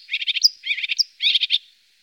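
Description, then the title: Marsh warbler song in three quick chattering bursts of harsh, scratchy notes, the first two each ending in a higher clear note, followed by silence. Songbird recordings from Germany, Austria and Switzerland. "Sumpfrohrsänger"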